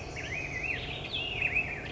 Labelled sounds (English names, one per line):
Black-headed Grosbeak